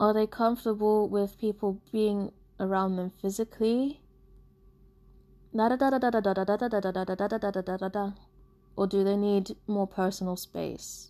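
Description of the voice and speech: An adult woman speaks in a clear, voiced tone. Her speech breaks off into a long, rapid, rhythmic run of repeated 'da-da-da' syllables, then she resumes speaking. The run is an unintentional vocal tic of Tourette syndrome. Her tics have progressed to include learned words and the repeating of words she is saying.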